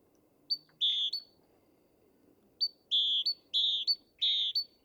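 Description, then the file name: Great tit giving paired notes, a short high pip followed by a sustained lower whistle, in one phrase and then three quick repeats near the end. "Parus major"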